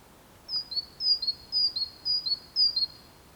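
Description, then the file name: Great tit repeating a high-low two-note phrase, five times in quick steady succession, bright and thin over a quiet hiss. "Parus major"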